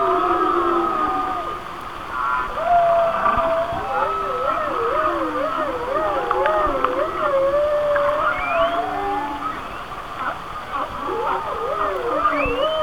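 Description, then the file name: Whale song: a long whistle trilling up and down in even waves, joined by rising squeals and lower moans over clicking. "Whale Songs- Mike Mc Donald"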